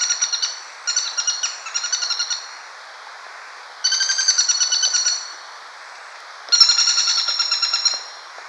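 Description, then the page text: Greater flameback calls in rapid rattling trills, several short bursts early, then two longer loud bursts, with quiet gaps between them. A pair calling. "Greater Flameback Calls of Pair. Quick Sounds"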